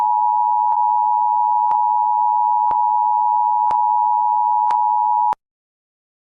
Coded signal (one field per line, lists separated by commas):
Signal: Emergency Alert System (SAME) tones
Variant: 853 and 960 Hz attention tone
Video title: Comet impact - EAS scenario